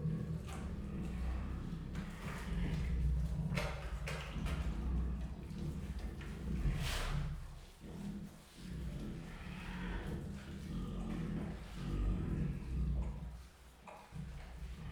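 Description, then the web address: Siberian tiger growling in rough rumbling bouts, with crunching and knocking sounds. Growling and rasping while eating; recorded at Miskolc Zoo in 2018. "allathangok miskolcizoo 2018 professzionalis sziberiai tigris morogvahorogveesznek miskolczoo"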